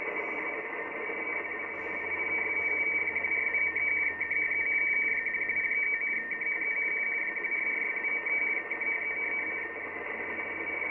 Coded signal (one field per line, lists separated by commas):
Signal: RTTY